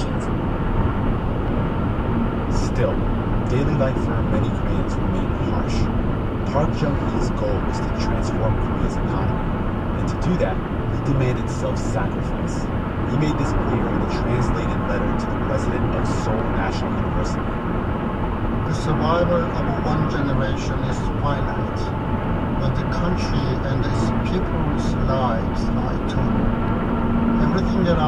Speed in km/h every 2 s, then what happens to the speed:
124, 124, 122, 119, 118, 116, 116, 116, 116, 116, 118, 121, 122, 124.
0-11 slows to 116. 11-28 steady at about 116.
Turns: none.